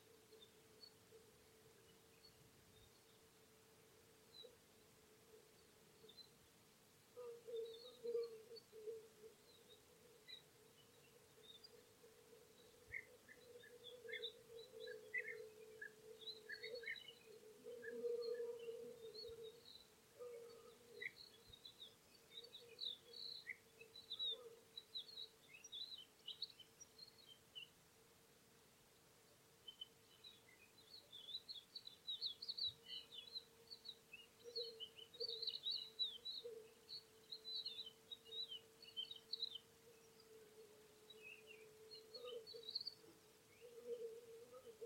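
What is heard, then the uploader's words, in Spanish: Corn buntings, little bustard and bee-eaters call over cereal fields, bright chirps scattered throughout above a steady low hum that swells near eight and eighteen seconds. Primavera entre campos de cereales. A finales de Abril y con el verde de las primeras espigas de cereal podemos escuchar la alegría de los cantos del escribano triguero, el sisón, los abejarucos...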